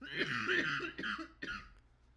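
Three harsh, partly voiced coughs from an adult man, spaced irregularly over two seconds, in a small room, the coughing continuing on and off.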